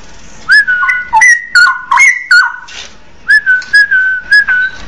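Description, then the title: Oriental magpie-robin song: strong whistled phrases stepping up and down between pitches, punctuated by crisp clicks, with a run of level whistles near the end. "Kicau Kacer"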